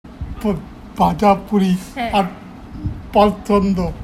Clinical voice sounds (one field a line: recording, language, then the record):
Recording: elicited speech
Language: Bengali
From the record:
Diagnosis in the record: Broca's or global aphasia after a stroke